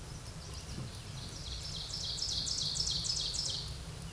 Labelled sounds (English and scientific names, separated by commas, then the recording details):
Ovenbird (Seiurus aurocapilla) song
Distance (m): 20 m
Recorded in a Pennsylvania forest on 17 May 2023 at 13:00
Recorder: AudioMoth, point grid1_8_low
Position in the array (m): 130 m, 73 m